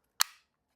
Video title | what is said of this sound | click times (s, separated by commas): HIKVISION Conventional Fire Alarm System Dry Run - Zone Wiring, Detectors & Evacuation Test | So, when I plug this in, you see it just clips. | 0.2 s